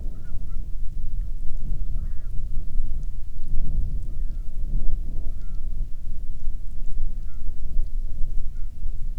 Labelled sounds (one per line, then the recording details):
waterfowl
wind
rain
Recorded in the Prudhoe Bay oil fields, Alaska, on 12 May 2019 at 10:46
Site 21